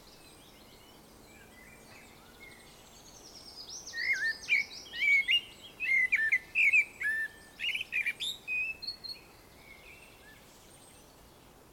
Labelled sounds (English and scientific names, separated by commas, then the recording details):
Common Blackbird (Turdus merula)
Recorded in the wild
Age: adult
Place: Summt, Brandenburg, DE
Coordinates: 52.693, 13.362
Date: 1992-06-14 14:30
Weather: heiter, ca. 23°C
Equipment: Nagra SN, Mikrofon AKG CK 8, Kopie Tesla B 116
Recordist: Tembrock, Günter